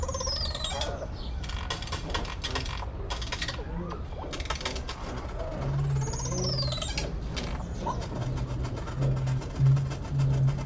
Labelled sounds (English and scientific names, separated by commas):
Crested Oropendola (Psarocolius decumanus)